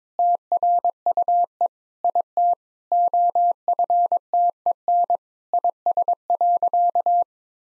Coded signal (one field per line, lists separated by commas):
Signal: Morse code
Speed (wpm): 22 wpm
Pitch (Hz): 700 Hz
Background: none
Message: TRUE IT OFTEN IS.